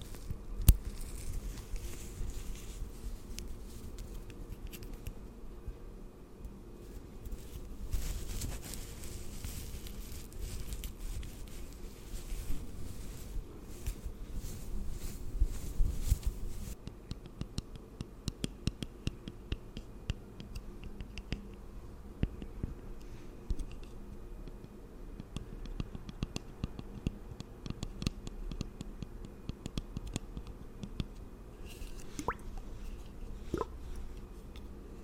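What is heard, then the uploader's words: Skin and hair care sounds: soft rubbing and squishing over a low rumble, with scattered light taps and a brighter, busier stretch midway. Pampering Your Skin & Hair.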